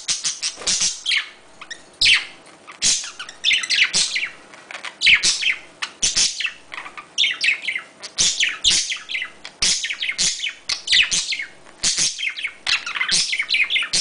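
Budgerigar warbling chatter, steady stream of bright chirps and rasping notes in uneven bursts throughout.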